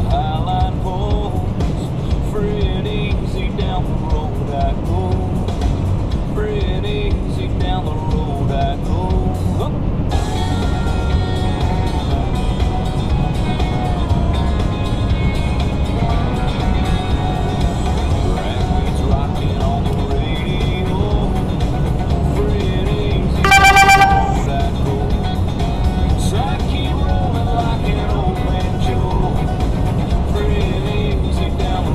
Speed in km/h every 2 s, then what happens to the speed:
132, 132, 134, 137, 137, 138, 138, 138, 140, 142, 142, 142, 140, 140, 143, 145.
0-32 steady at about 138.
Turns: none.